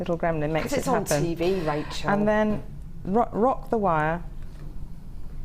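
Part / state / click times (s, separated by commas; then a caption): jewellery wire into coiled wire groove / not seated / none. Someone talks while fine 0.4 mm jewellery wire is handled and rocked round a wire coil so the wrap can seat in the groove between the coils. Nothing has seated or clicked into the coil groove yet; the clip ends just before the wire goes home.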